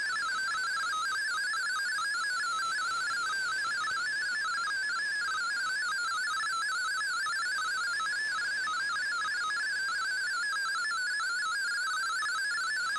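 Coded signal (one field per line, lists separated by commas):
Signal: multi-tone FSK (Olivia or MFSK type)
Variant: MFSK32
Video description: Here is my decode of the Shortwave Radiogram broadcast today on 15770Khz shortwave radio at 1300UTC in MFSK32 and 64 with 10 SSTV images.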